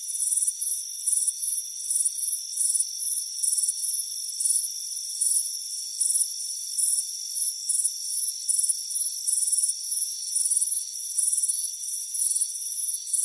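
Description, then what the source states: Cricket chorus of quick, shrill pulsed chirps, close to two each second, over a steady high insect drone. Crickets chirping on a warm afternoon by a front porch.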